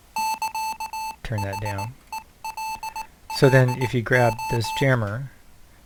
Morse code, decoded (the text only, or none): <KA>HELLO